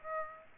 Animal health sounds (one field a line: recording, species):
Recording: mosquito wingbeat signal from an infrared sensor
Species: Aedes aegypti